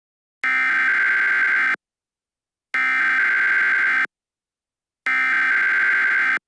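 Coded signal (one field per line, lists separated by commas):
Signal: Emergency Alert System (SAME) tones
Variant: header bursts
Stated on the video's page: Fictional EAS scenario, not a real alert.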